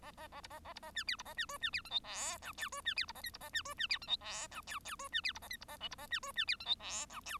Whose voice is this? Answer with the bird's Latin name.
Lonchura striata domestica